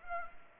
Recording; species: mosquito wingbeat signal from an infrared sensor; Culex pipiens